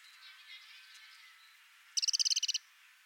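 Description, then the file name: Eurasian wren giving one brief, fast rattle of dry ticks near the end, after faint quieter sounds. "Troglodytes troglodytes"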